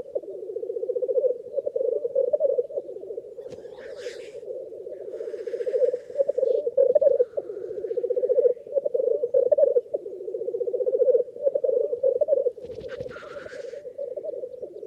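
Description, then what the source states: Black grouse lek display: steady low bubbling, cooing phrases rolling on almost without pause, broken twice by sharp hissing sneeze-like calls. Small lek of black grouse, males displaying, recorded in the North Pennines.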